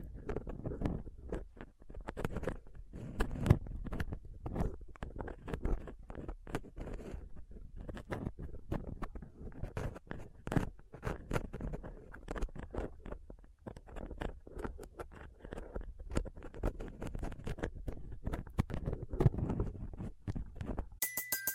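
A microphone is scraped and picked with small tools, making a dense, unbroken run of rough scratches, clicks and rubbing thuds with a heavy low rumble underneath. The taps come fast and irregularly, with sharper ticks poking through, and it cuts off abruptly just before the end.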